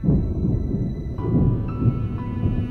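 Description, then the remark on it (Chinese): Deep, continuous thunder outside a window at night, during a storm with strong wind and heavy rain, rumbles steadily for a few seconds, swelling and rolling without a sharp crack, with faint sustained tones ringing above the low roar. No one speaks. “窗外雷声阵阵，狂风暴雨掩去了一切罪恶”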